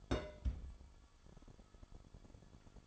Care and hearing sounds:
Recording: daily activity, microphone in the room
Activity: place on stove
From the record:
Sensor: 5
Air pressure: 1008.1 hPa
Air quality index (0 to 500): 112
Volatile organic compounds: 1 ppm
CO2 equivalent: 866 ppm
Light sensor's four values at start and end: 28/60/25/25 and 28/61/26/26

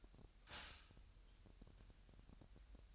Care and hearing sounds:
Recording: daily activity, microphone in the room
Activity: stop toaster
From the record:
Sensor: 2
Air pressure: 1001.9 hPa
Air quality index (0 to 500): 248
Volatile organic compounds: 39 ppm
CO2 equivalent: 3127 ppm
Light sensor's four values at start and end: 9/30/11/11 and 9/30/11/11

